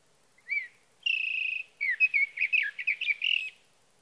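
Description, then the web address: Sage thrasher song opening with a brief whistle and a sustained even tone, then breaking into quick, tumbling warbled phrases. "birdsongforthecurious Sage Thrasher"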